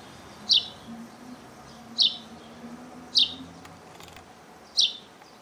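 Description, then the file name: House sparrow chirps: four short, sharp notes spaced well apart over a faint low hum. "Passer domesticus"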